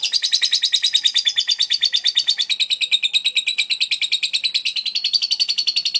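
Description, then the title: Lovebird chattering song, an unbroken rapid trill of sharp repeated notes, steady and shrill, gently dipping and rising in pitch over six seconds. Master training recording for lovebirds, meant to make them quickly produce the long chattering song style called ngekek panjang. "Kicau Lovebird Terapi Masteran LABET Agar Labet Cepet NGEKEK PANJANG"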